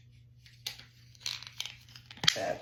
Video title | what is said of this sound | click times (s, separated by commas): Marvel Legends Phoenix Force Jean Grey Full Review!!! Once we figured out the stand, she is perfect! | yeah you pop it in and you'll hear it actually snap into place once it secures itself | 2.3 s